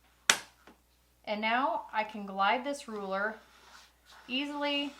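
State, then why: Seated. The curved plastic lip on the end of a sliding sewing ruler is hooked over the edge of a sewing table's grid ruler and pressed down, snapping into place with a sharp click at 0.3 s, followed by a faint tick at 0.7 s. The ruler is seated, and then someone talks.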